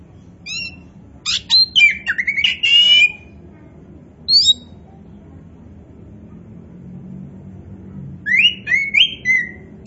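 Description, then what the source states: Oriental magpie-robin song: scattered bursts of sharp notes and descending whistled slurs, separated by short quiet gaps. Kacer poci variety; gacor, an Indonesian term for a bird singing actively and continuously.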